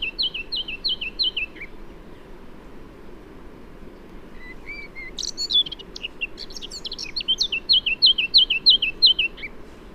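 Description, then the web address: Eurasian blackcap singing: a short run of repeated high chirps, a quiet gap, then a rapid, varied warble ending in a string of repeated notes. "SETE Sylvia atricapilla"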